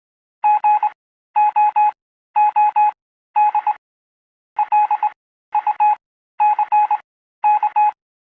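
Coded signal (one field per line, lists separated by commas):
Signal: Morse code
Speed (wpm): 21 wpm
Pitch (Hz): 840 Hz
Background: none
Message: GOOD LUCK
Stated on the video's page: Morse code learning class.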